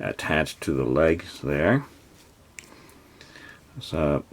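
Someone talks while small plastic spur pieces from Playmobil set #6464 Group of Outlaws (Playmobil Plus) are handled against a toy figure's legs, with faint handling taps near 2.6 s and 3.2 s in a quiet pause. The clip ends before the spur snaps on, so nothing has seated yet.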